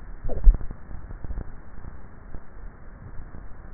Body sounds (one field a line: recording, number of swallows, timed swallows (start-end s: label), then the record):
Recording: swallowing sounds by neck microphone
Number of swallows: 1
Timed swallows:
0.45-1.28 s: swallow
From the record:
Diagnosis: dysphagia